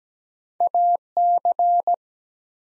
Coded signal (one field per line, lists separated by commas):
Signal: Morse code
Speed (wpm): 17 wpm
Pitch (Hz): 700 Hz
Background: none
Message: AC